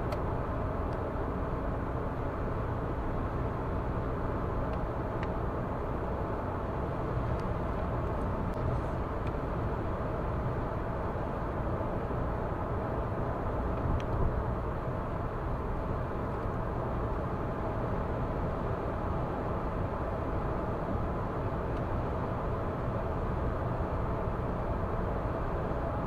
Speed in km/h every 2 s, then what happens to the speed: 106, 106, 106, 106, 106, 106, 106, 106, 106, 106, 106, 106, 106.
0-26 steady at about 106.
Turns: none.